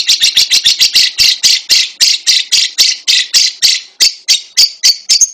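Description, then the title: Lovebird squawking, harsh high shrieks repeated rapidly in a long series. "Suara Burung Lovbred"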